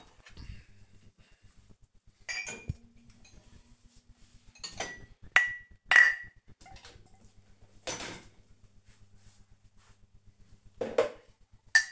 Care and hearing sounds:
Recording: household activities, microphone on the right wrist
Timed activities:
0.00-11.92 s: cleaning out the dishwasher

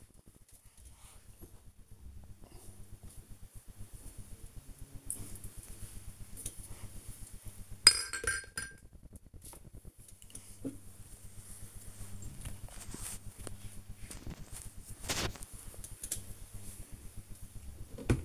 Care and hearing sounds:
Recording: household activities, microphone on the right wrist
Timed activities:
0.00-18.25 s: tidy up the cupboard

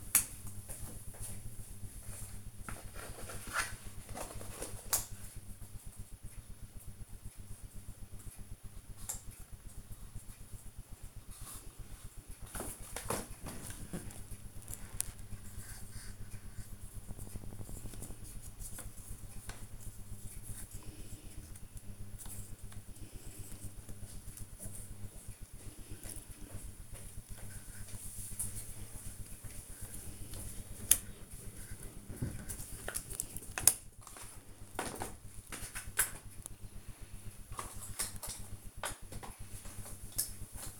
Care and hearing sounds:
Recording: household activities, microphone on the right wrist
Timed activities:
0.00-35.83 s: doing a puzzle

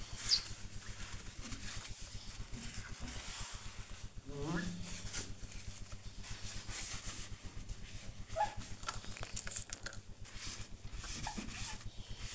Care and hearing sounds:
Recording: household activities, microphone on the right wrist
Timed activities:
0.00-12.35 s: window cleaning

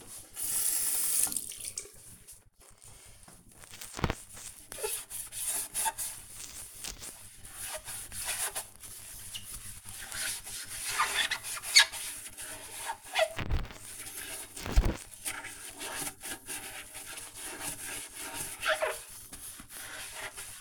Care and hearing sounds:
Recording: household activities, microphone on the right wrist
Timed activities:
0.00-5.24 s: cleaning the cupboard
13.29-20.61 s: cleaning bathroom

